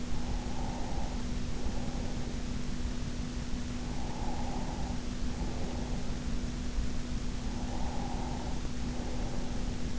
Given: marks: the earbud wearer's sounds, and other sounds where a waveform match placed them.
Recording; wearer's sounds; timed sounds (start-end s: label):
sounds in sleep by an in-ear microphone; breath
0.00-2.38 s: breath
3.86-6.14 s: breath
7.45-9.96 s: breath